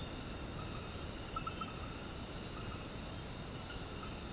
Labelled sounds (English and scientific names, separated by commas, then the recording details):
none
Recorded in dense forest near Puerto Asís, Putumayo, Colombia, on 21 February 2024 at 22:30
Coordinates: 0.486, -76.316
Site G6437